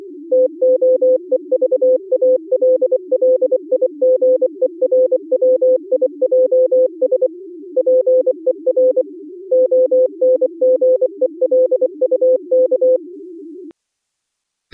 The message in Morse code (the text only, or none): TOEVALLIGERWIJS PER ONGELUK